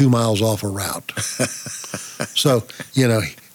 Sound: laughing